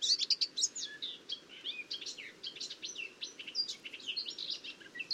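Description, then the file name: Eurasian blackcap song, a dense rapid babble of high chattering and twittering notes with some sharp whistled accents, steady throughout. "Sylvia atricapilla"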